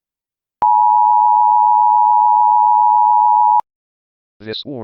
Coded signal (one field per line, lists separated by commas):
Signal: Emergency Alert System (SAME) tones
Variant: 853 and 960 Hz attention tone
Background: speech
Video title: EAS Scenario: The Polar Express [Christmas Special 2025]